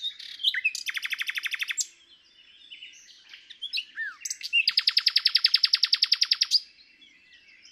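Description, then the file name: Common nightingale song with two rapid trills of repeated notes, the second longer, linked by short whistles and chirps. "Luscinia megarhynchos"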